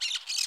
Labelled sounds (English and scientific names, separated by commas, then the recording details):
Brown-throated Parakeet (Eupsittula pertinax) contact call
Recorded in Curacao
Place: along powerline, near entrance of Santa Barbara resort
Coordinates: 12.068, -68.844